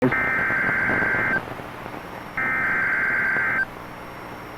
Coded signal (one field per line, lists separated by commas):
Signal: Emergency Alert System (SAME) tones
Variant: header bursts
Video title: Severe Thunderstorm Warning (TN) (4/2/25) [EAS #112]